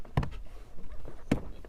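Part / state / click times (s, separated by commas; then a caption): pollen filter housing cover latches into the filter housing / seated / 0.2 s, 1.3 s. Once the new pollen filter has been fitted on an Opel Astra K 1.4 Turbo, the plastic filter housing cover is closed, and its side locks latch into the housing. Two sharp clicks land at 0.2 s and 1.3 s, with faint taps and handling noise around them. The cover is seated and latched shut.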